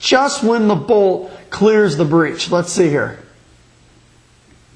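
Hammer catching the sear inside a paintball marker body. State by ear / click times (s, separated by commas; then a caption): not seated / none. A man talks while handling an Autococker paintball marker, working toward pulling its back block back by hand so the hammer catches on the sear just as the bolt clears the breech. His voice fills the first three seconds, followed by a faint steady low hum. Nothing has seated or clicked yet.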